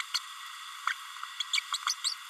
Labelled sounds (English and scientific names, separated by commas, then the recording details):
Green-rumped Parrotlet (Forpus passerinus) babbling
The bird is a female
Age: 30 days
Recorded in a nest box in Venezuela
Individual 17B32A7